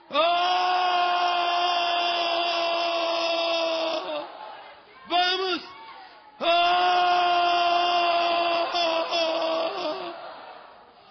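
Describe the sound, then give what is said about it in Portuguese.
An audience lets out loud, sustained wailing cries, voices imitating a deer's call: one long howl, a brief break and short cry, then another long swelling shout. “Vamos dar um grito como da corça.”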